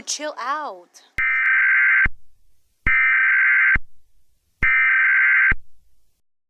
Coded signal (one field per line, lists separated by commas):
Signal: Emergency Alert System (SAME) tones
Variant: header bursts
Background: speech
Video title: Pedro Santana on Airplane watching Superbowl and Boomerang Channel and Pedro was Prank on EAS ALERT